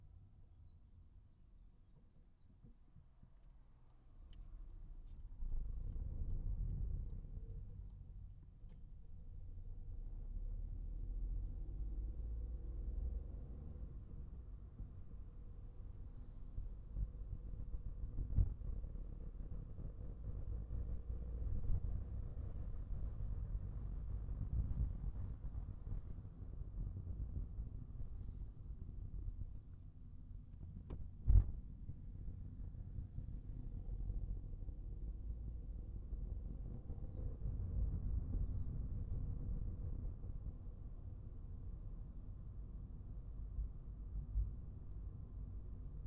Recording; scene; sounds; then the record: everyday scene through a hearing-aid microphone; in a vehicle; engine, highway driving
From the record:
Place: Skoda Fabia, gasoline engine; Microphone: behind the ear, right, front